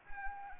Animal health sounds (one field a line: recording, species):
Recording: mosquito wingbeat signal from an infrared sensor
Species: Anopheles arabiensis